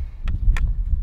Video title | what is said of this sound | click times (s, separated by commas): Shooting A Silenced 12 Gauge and Barrett 50 Cal in My Backyard!! | is pretty much six o'clock straight down 12 o'clock locks into place and they're ready to go | 0.6 s